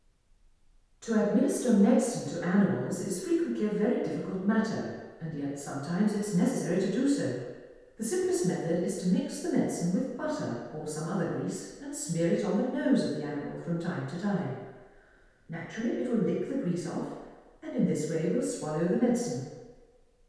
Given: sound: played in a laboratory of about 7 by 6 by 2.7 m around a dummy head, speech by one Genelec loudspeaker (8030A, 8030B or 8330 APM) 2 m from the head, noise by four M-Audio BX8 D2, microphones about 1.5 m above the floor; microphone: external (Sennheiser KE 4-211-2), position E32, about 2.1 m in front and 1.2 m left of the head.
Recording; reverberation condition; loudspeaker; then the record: female speech in English; high; 120 degrees to the right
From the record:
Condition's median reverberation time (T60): about 1300 ms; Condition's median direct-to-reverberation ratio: about -4.0 dB